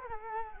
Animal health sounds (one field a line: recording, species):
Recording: mosquito wingbeat signal from an infrared sensor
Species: Culex quinquefasciatus